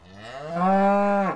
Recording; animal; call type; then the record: contact call of a hoofed animal; cattle; low-frequency (closed-mouth) or high-frequency (open-mouth) call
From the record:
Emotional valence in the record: negative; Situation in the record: full separation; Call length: 1.36 s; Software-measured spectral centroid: 1230 Hz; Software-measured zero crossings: 1660 a second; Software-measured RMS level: -23 dBFS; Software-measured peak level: -11 dBFS